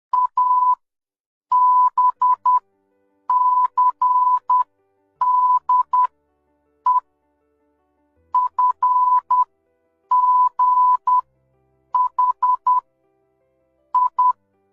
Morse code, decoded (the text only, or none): ABCDEFGHI